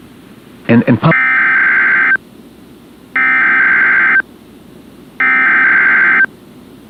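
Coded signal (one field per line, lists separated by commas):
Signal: Emergency Alert System (SAME) tones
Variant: header bursts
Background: speech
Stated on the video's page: Required weekly test SAME tones on NOAA Weather Radio station WXK26, Corpus area.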